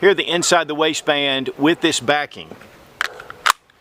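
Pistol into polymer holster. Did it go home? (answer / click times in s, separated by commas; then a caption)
yes / 3.5 s. Someone talks, then a pistol is pushed into a Fobus APN modular polymer passive-retention holster set up for inside-the-waistband left-hand carry. A few sharp handling sounds come first, then the pistol locks into the holster with an audible click at 3.5 s. It is seated and won't come out.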